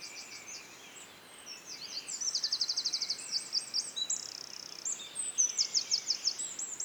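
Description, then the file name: European robin song with high thin phrases and two fast, rattling trills of evenly spaced notes. "Erithacus rubecula"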